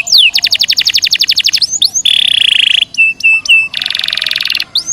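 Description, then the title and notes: Canary song: fast trills of sweeping notes, a harsh buzzy rattle, clipped repeated chips, then a dense rapid trill, loud throughout. Panda canary, singing vigorously ('gacor'). "Kenari Panda"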